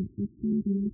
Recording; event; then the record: neck accelerometer signal played as sound; no cough (speech, laughter, throat clearing or background)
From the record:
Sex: female